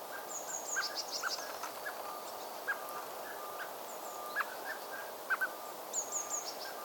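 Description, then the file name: Common blackbird uttering repeated clipped chuck notes, some doubled, while other birds add thin high twittering phrases over a hissy background. "Turdus merula"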